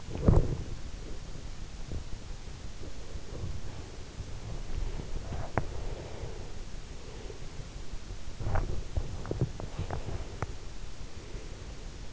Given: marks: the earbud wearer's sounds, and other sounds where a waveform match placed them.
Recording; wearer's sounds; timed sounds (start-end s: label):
sounds in sleep by an in-ear microphone; body movement, breath
0.00-10.73 s: body movement
5.60-7.61 s: breath
9.87-12.13 s: breath